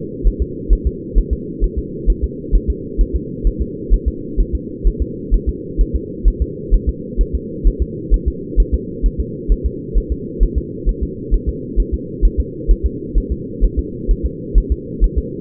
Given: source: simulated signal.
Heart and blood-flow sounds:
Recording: fetal heart sounds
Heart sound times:
0.27 s: S1
0.42 s: S2
0.73 s: S1
0.87 s: S2
1.18 s: S1
1.33 s: S2
1.64 s: S1
1.78 s: S2
2.10 s: S1
2.24 s: S2
2.55 s: S1
2.70 s: S2
3.01 s: S1
3.16 s: S2
3.47 s: S1
3.62 s: S2
3.94 s: S1
4.08 s: S2
4.40 s: S1
4.55 s: S2
4.87 s: S1
5.02 s: S2
5.34 s: S1
5.49 s: S2
5.81 s: S1
5.95 s: S2
6.28 s: S1
6.42 s: S2
6.74 s: S1
6.89 s: S2
7.21 s: S1
7.35 s: S2
7.67 s: S1
7.82 s: S2
8.14 s: S1
8.28 s: S2
8.60 s: S1
8.74 s: S2
9.06 s: S1
9.20 s: S2
9.52 s: S1
9.66 s: S2
9.98 s: S1
10.12 s: S2
10.43 s: S1
10.58 s: S2
10.89 s: S1
11.03 s: S2
11.34 s: S1
11.49 s: S2
11.80 s: S1
11.94 s: S2
12.25 s: S1
12.40 s: S2
12.71 s: S1
12.86 s: S2
13.18 s: S1
13.32 s: S2
13.64 s: S1
13.79 s: S2
14.11 s: S1
14.26 s: S2
14.58 s: S1
14.72 s: S2
15.04 s: S1
15.18 s: S2
From the record:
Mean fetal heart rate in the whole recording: 130 bpm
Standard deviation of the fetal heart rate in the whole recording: 2 bpm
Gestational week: 36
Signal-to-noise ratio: -4.1 dB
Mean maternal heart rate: no maternal heart sound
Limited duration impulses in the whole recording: absent

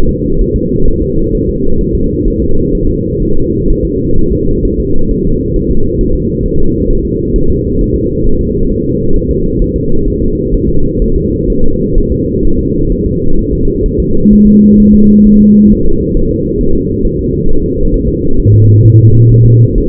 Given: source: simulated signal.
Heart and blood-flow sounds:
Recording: fetal heart sounds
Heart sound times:
0.09 s: S2
0.41 s: S1
0.56 s: S2
0.88 s: S1
1.02 s: S2
1.35 s: S1
1.49 s: S2
1.81 s: S1
1.95 s: S2
2.28 s: S1
2.42 s: S2
2.75 s: S1
2.89 s: S2
3.22 s: S1
3.37 s: S2
3.70 s: S1
3.85 s: S2
4.18 s: S1
4.32 s: S2
4.65 s: S1
4.79 s: S2
5.11 s: S1
5.25 s: S2
5.56 s: S1
5.71 s: S2
6.01 s: S1
6.15 s: S2
6.46 s: S1
6.60 s: S2
6.91 s: S1
7.05 s: S2
7.36 s: S1
7.50 s: S2
7.81 s: S1
7.95 s: S2
8.27 s: S1
8.41 s: S2
8.72 s: S1
8.86 s: S2
9.16 s: S1
9.31 s: S2
9.62 s: S1
9.76 s: S2
10.08 s: S1
10.22 s: S2
10.54 s: S1
10.69 s: S2
11.02 s: S1
11.16 s: S2
11.50 s: S1
11.64 s: S2
11.98 s: S1
12.12 s: S2
12.45 s: S1
12.59 s: S2
12.92 s: S1
13.06 s: S2
13.39 s: S1
13.53 s: S2
13.86 s: S1
14.00 s: S2
14.33 s: S1
14.47 s: S2
14.80 s: S1
14.94 s: S2
15.27 s: S1
15.41 s: S2
15.72 s: S1
15.86 s: S2
16.17 s: S1
16.31 s: S2
16.61 s: S1
16.75 s: S2
17.05 s: S1
17.19 s: S2
17.49 s: S1
17.63 s: S2
17.94 s: S1
18.08 s: S2
18.40 s: S1
18.54 s: S2
18.85 s: S1
19.00 s: S2
19.32 s: S1
19.46 s: S2
19.78 s: S1
From the record:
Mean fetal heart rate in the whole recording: 130 bpm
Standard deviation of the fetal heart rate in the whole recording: 4 bpm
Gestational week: 38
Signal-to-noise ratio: -19.1 dB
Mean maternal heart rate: 72 bpm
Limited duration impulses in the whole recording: present

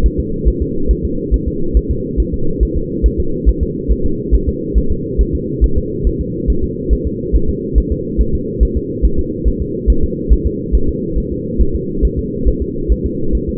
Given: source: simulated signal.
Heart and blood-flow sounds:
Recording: fetal heart sounds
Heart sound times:
0.06 s: S1
0.20 s: S2
0.48 s: S1
0.62 s: S2
0.91 s: S1
1.05 s: S2
1.34 s: S1
1.48 s: S2
1.77 s: S1
1.91 s: S2
2.20 s: S1
2.34 s: S2
2.63 s: S1
2.77 s: S2
3.06 s: S1
3.20 s: S2
3.49 s: S1
3.63 s: S2
3.92 s: S1
4.06 s: S2
4.35 s: S1
4.49 s: S2
4.78 s: S1
4.92 s: S2
5.21 s: S1
5.35 s: S2
5.64 s: S1
5.78 s: S2
6.07 s: S1
6.21 s: S2
6.50 s: S1
6.64 s: S2
6.93 s: S1
7.07 s: S2
7.36 s: S1
7.50 s: S2
7.78 s: S1
7.92 s: S2
8.21 s: S1
8.35 s: S2
8.63 s: S1
8.77 s: S2
9.05 s: S1
9.19 s: S2
9.48 s: S1
9.62 s: S2
9.90 s: S1
10.04 s: S2
10.33 s: S1
10.47 s: S2
10.75 s: S1
10.89 s: S2
11.18 s: S1
11.32 s: S2
11.61 s: S1
11.75 s: S2
12.05 s: S1
12.19 s: S2
12.48 s: S1
12.62 s: S2
12.92 s: S1
13.06 s: S2
13.35 s: S1
13.49 s: S2
From the record:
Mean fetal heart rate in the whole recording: 140 bpm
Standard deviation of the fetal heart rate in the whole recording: 2 bpm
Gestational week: 34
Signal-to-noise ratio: -8.1 dB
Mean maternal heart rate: 72 bpm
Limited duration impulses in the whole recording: present

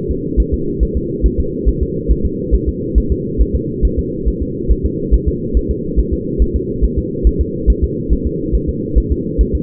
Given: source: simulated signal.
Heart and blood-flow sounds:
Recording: fetal heart sounds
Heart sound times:
0.11 s: S2
0.40 s: S1
0.54 s: S2
0.83 s: S1
0.97 s: S2
1.26 s: S1
1.40 s: S2
1.69 s: S1
1.83 s: S2
2.11 s: S1
2.25 s: S2
2.55 s: S1
2.69 s: S2
2.98 s: S1
3.12 s: S2
3.41 s: S1
3.55 s: S2
3.85 s: S1
3.99 s: S2
4.28 s: S1
4.42 s: S2
4.71 s: S1
4.85 s: S2
5.14 s: S1
5.28 s: S2
5.57 s: S1
5.71 s: S2
5.99 s: S1
6.13 s: S2
6.42 s: S1
6.56 s: S2
6.84 s: S1
6.98 s: S2
7.27 s: S1
7.41 s: S2
7.70 s: S1
7.84 s: S2
8.13 s: S1
8.27 s: S2
8.55 s: S1
8.69 s: S2
8.98 s: S1
9.12 s: S2
9.41 s: S1
9.55 s: S2
From the record:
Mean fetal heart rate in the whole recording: 140 bpm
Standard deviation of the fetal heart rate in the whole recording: 2 bpm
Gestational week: 34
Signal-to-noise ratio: -6.6 dB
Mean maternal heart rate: 72 bpm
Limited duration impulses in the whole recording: present

